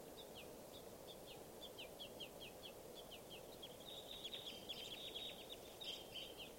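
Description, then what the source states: Red crossbills giving fast sharp chip notes, several overlapping and growing busier toward the end, against steady low background noise. Type 2 birds; wild flock calling with begging young, birds flying over to a watering area.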